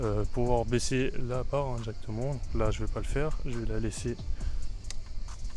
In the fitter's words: Hop, voilà. C'est clipsé.